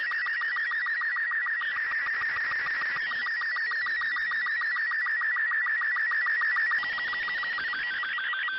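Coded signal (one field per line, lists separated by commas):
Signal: SSTV (slow-scan television)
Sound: buzzy warbling tone with rapid regular clicks, steady throughout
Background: radio static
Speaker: he cut the video short. So the signal actually stopped there, but whatever.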